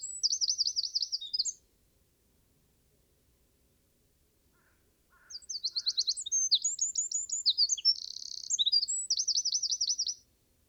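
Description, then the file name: Eurasian wren song: a high trill ends, a few quiet seconds pass, then a full five-second phrase of sharp chips and rapid rattling trills. "Troglodytes troglodytes"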